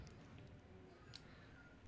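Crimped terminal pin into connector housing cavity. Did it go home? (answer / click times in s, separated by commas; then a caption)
yes / 1.2 s. After the small seals are refitted and the part is lined up, a crimped terminal pin is pushed into the cavity of a plastic Deutsch connector housing. Against a low steady rumble, a sharp, brief click sounds at 1.2 s as the terminal seats in the housing.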